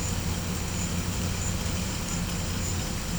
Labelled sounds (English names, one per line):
none